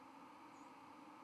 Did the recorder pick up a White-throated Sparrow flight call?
no